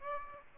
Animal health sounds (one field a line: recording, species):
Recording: mosquito wingbeat signal from an infrared sensor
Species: Aedes aegypti